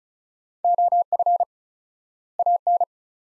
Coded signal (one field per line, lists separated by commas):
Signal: Morse code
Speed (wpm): 34 wpm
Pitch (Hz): 700 Hz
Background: none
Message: OF AN